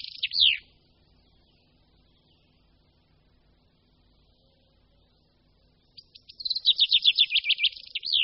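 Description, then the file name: Common chaffinch song: the tail flourish of one phrase at the start, then silence, then a new descending trill of repeated notes beginning. "Pěnkava obecná"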